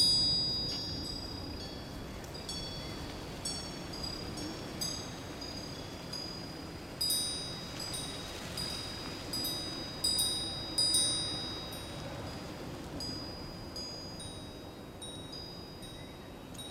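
Wind chimes ring out over a spring field, their bright metal tones sounding in loose clusters every second or so, busiest around seven to eleven seconds. Each strike lingers and fades slowly. Beneath them a soft, steady breeze rustles low and constant.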